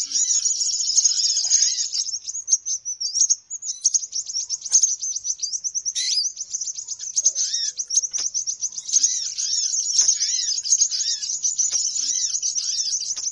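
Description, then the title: Birds: dense, shrill chirping from many birds, overlapping rapid notes and trills running nearly without pause throughout. Lure call to attract birds; many noisy birds said to gather quickly. "Baru Diputar Dah Banyak Merapat! Suara Pikat Burung Ribut"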